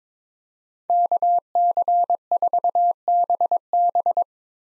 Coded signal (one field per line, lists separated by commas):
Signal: Morse code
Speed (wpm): 21 wpm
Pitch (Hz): 700 Hz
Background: none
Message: KC4BB